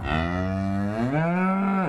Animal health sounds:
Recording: contact call of a hoofed animal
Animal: cattle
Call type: low-frequency (closed-mouth) or high-frequency (open-mouth) call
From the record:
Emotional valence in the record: negative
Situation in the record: full separation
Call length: 1.89 s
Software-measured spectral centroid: 1230 Hz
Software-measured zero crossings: 1020 a second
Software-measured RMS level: -24 dBFS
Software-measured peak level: -10 dBFS

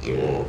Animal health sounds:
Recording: contact call of a hoofed animal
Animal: pig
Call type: closed-mouth grunt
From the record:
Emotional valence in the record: negative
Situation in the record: short social isolation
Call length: 0.50 s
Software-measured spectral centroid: 1400 Hz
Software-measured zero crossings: 1070 a second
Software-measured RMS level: -24 dBFS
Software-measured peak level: -12 dBFS

